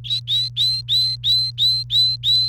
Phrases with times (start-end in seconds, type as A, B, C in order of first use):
0.05-2.48 A